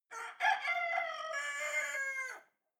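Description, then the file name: Chicken (rooster) crowing: one loud, harmonic cock-a-doodle-doo with a sharp start and a long, steady, slightly falling final note. Male (rooster) crowing. "cock cry"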